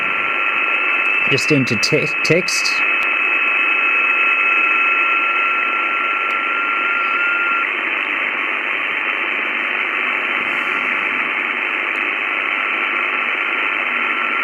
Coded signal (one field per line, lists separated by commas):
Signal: FT8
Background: speech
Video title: Kiwi SDR FT8 trick